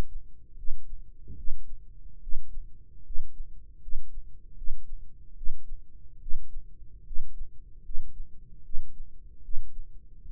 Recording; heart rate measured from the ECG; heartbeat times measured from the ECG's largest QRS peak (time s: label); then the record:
heart sounds by microphone in the right ear; 75 bpm
0.55 s: heartbeat
1.35 s: heartbeat
2.20 s: heartbeat
3.03 s: heartbeat
3.79 s: heartbeat
4.55 s: heartbeat
5.34 s: heartbeat
6.19 s: heartbeat
7.03 s: heartbeat
7.82 s: heartbeat
8.62 s: heartbeat
9.41 s: heartbeat
10.21 s: heartbeat
From the record:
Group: healthy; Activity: rest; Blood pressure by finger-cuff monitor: 159/91 mmHg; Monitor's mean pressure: 114 mmHg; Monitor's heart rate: 77 bpm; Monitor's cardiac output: 6.8 L/min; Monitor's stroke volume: 90 mL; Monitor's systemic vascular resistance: 1260 dyn s/cm5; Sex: male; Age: 21 years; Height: 180 cm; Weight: 67.5 kg